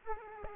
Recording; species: mosquito wingbeat signal from an infrared sensor; Aedes aegypti